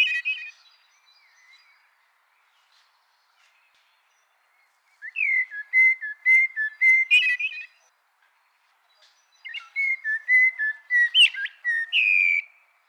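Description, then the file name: Common blackbird song: two long phrases of level fluted whistles with small dips, each closing in a high, scratchy flourish, separated by a quiet pause. "Turdus merula"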